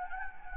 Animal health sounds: mosquito wingbeat signal from an infrared sensor; Anopheles gambiae

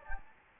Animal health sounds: mosquito wingbeat signal from an infrared sensor; Anopheles gambiae

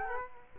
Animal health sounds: mosquito wingbeat signal from an infrared sensor; Culex quinquefasciatus

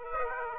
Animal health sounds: mosquito wingbeat signal from an infrared sensor; Aedes aegypti

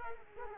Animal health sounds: mosquito wingbeat signal from an infrared sensor; Culex quinquefasciatus

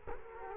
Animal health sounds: mosquito wingbeat signal from an infrared sensor; Culex quinquefasciatus

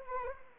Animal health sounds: mosquito wingbeat signal from an infrared sensor; Anopheles arabiensis

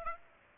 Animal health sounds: mosquito wingbeat signal from an infrared sensor; Aedes aegypti

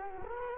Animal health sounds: mosquito wingbeat signal from an infrared sensor; Culex quinquefasciatus

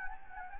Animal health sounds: mosquito wingbeat signal from an infrared sensor; Anopheles gambiae

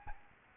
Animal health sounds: mosquito wingbeat signal from an infrared sensor; Aedes albopictus

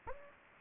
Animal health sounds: mosquito wingbeat signal from an infrared sensor; Anopheles gambiae

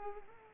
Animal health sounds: mosquito wingbeat signal from an infrared sensor; Culex pipiens

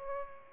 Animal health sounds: mosquito wingbeat signal from an infrared sensor; Aedes aegypti

